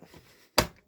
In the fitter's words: Voilà. Vous entendez deux clics. Donc, c'est faux. C'est mis.